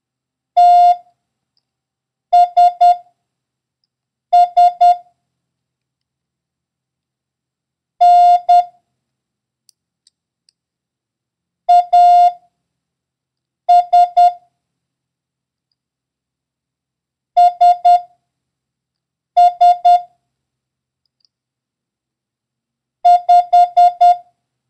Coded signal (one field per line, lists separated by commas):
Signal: Morse code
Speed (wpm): 10 wpm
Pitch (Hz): 710 Hz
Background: none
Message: TSS N AS SS 5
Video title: International Morse Code: Lesson 3